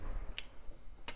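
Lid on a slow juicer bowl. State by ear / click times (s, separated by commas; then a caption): seated / 0.4 s. The lid of a TAPUHO TSJ66 slow juicer, released in 2024, is pressed lightly onto the juicer bowl during reassembly so it locks into position. A sharp click is heard at 0.4 s, followed by a second, softer click at about 1.1 s. The lid is seated in place.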